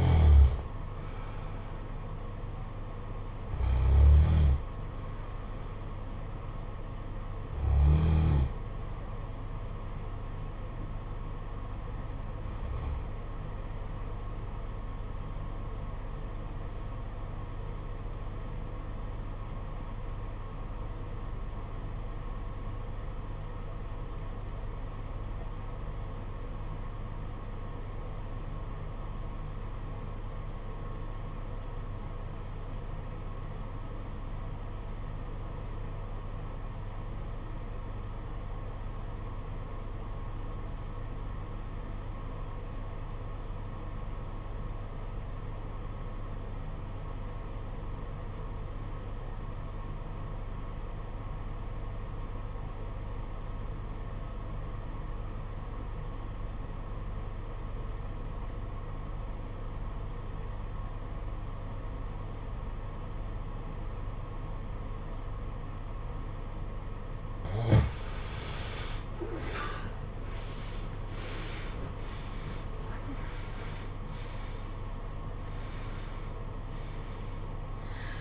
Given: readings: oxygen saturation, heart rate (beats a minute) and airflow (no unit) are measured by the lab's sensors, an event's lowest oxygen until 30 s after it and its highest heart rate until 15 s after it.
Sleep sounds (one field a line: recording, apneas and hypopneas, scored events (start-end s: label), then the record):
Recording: breathing in sleep by a smartphone at the bedside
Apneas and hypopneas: 1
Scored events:
17.00-68.90 s: obstructive apnea (REM, oxygen 95% highest, then 69% lowest, heart rate 50 at the start, 89 highest)
From the record:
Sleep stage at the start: REM sleep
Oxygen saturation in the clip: 73 to 95%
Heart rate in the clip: 47 to 89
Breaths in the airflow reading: 9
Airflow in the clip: -19.5 to 15.8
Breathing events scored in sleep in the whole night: 476 in 9.7 hours asleep